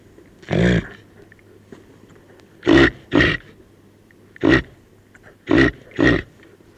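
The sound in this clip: Reindeer making six coarse grunts, four of them in two quick pairs, against a constant low background hum.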